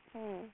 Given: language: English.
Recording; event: throat vibration sensor signal played as sound; speech